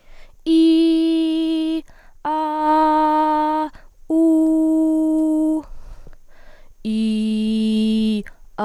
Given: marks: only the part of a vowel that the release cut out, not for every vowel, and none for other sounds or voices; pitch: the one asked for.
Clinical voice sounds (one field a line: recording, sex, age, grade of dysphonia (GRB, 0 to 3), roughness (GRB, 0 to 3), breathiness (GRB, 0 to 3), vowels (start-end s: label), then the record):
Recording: sustained vowels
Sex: female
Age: 20 to 29 years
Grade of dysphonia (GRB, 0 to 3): 0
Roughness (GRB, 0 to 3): 0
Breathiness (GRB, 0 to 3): 0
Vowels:
0.77-1.68 s: vowel /i/, high pitch
2.52-3.59 s: vowel /a/, high pitch
4.25-5.48 s: vowel /u/, high pitch
7.01-8.09 s: vowel /i/, low pitch
From the record:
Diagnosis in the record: healthy voice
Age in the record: 20 years